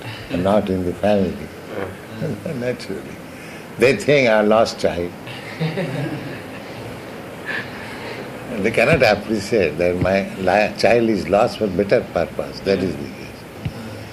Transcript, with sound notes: not in the family, naturally. They think, "Our lost child." [laughter] They cannot appreciate that "My child is lost for better purpose." That is the case.